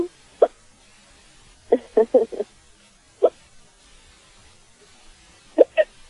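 About nine short, sharp voiced 'hic' bursts over six seconds, some single and a few in quick clusters, with quiet pauses between. These are hiccups in an adult: sudden involuntary spasms of the breathing muscle that snap the vocal cords shut.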